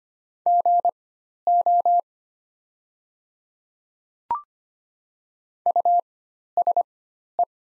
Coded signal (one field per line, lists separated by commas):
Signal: Morse code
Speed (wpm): 25 wpm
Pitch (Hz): 700 Hz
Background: none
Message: GO USE